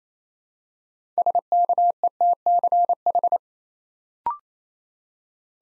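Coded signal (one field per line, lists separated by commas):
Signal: Morse code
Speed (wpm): 27 wpm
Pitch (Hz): 700 Hz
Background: none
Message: SKETCH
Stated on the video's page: Morse code practice at 28 wpm building six-letter words three letters at a time, for instant character recognition training.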